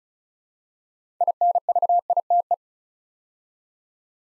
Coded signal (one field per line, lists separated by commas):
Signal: Morse code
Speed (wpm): 36 wpm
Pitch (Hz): 700 Hz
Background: none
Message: INVITE